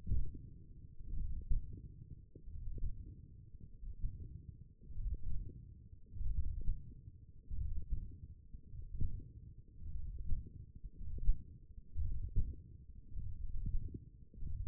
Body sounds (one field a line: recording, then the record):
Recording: forearm muscle sounds (acoustic myography)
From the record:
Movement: hand closing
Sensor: system 1, eight BSWA MPA416 microphones around the upper forearm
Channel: 1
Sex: male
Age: 21 years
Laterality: right